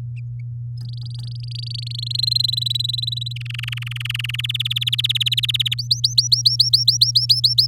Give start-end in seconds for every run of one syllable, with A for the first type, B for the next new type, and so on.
0.78-2.17 A, 2.18-3.33 B, 3.36-4.41 C, 4.44-5.74 D, 5.78-7.67 E